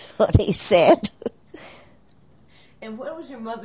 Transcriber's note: laughs